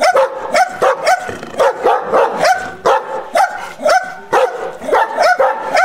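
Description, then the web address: Dog giving harsh barks in quick succession, roughly two barks per second, some doubled, with no pause through the whole stretch. A large dog barking angrily. "cane che abbaia ascoltare arrabbiato grande"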